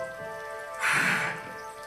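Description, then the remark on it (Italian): A short burst of rain, a hissing wash that swells for about half a second over a steady, faint tonal hum, then eases back to a low patter. “Piove! Piove!”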